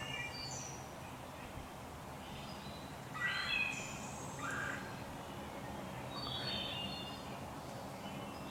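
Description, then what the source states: Blue jay calls, a few harsh, broad rasping notes in a short burst midway and another later, over a steady low background hum. Fledglings.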